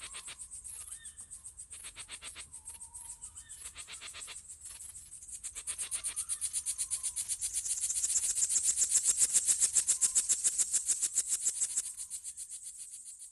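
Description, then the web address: Crickets chirping in a dense, high-pitched pulsing chorus with a steady rapid rhythm that swells louder midway, with faint soft whistled notes lower down. Summer night ambience. "sonniss gdc audio. crickets owls summer night"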